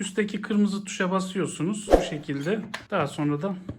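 Someone talks throughout while handling the 1.7-litre plastic dust bin of a Dyson Cinetic Big Ball Absolute 2 vacuum cleaner. The bin is emptied with the red button on top and then pushed back onto the vacuum body until it locks, with the click meaning it is secured. The clip ends before the bin goes home, so nothing has seated or clicked yet.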